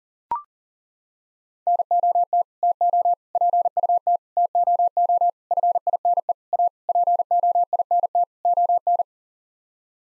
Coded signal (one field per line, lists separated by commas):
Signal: Morse code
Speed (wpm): 40 wpm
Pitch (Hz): 700 Hz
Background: none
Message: NOT TO PUT TOO FINE A POINT ON